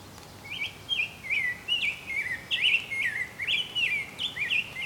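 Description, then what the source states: Ovenbird song: a series of repeated high two-note phrases against low background noise. Heard in the distance on the right.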